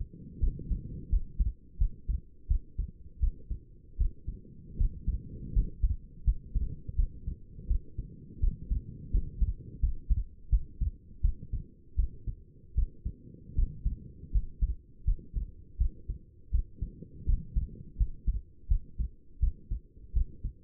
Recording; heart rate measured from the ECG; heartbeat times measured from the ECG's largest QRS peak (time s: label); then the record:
heart sounds by stethoscope; 82 bpm
0.40 s: heartbeat
1.10 s: heartbeat
1.78 s: heartbeat
2.48 s: heartbeat
3.20 s: heartbeat
3.98 s: heartbeat
4.78 s: heartbeat
5.53 s: heartbeat
6.25 s: heartbeat
6.96 s: heartbeat
7.68 s: heartbeat
8.40 s: heartbeat
9.11 s: heartbeat
9.80 s: heartbeat
10.50 s: heartbeat
11.22 s: heartbeat
11.96 s: heartbeat
12.75 s: heartbeat
13.55 s: heartbeat
14.32 s: heartbeat
15.05 s: heartbeat
15.78 s: heartbeat
16.51 s: heartbeat
17.26 s: heartbeat
17.97 s: heartbeat
18.68 s: heartbeat
19.40 s: heartbeat
20.13 s: heartbeat
From the record:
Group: healthy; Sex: female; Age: 37 years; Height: 168 cm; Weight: 70 kg